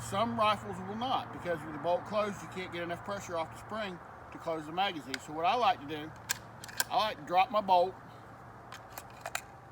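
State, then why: Seated. Someone talks while, with the bolt open, a loaded detachable box magazine is pushed up into a rifle's magazine well; the bolt is opened because with it closed there isn't enough pressure off the spring to seat the magazine. A few short sharp knocks come around 8.7 to 9.3 s, then the loudest sharp click at 9.4 s as the magazine latches and is seated.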